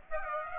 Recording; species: mosquito wingbeat signal from an infrared sensor; Aedes aegypti